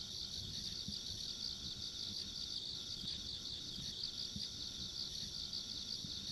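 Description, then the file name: High insect trilling in a dense unbroken chorus, finely pulsed, with soft low rumble beneath. Ambient insect sounds along a rural country road. "田舎道の虫の環境音"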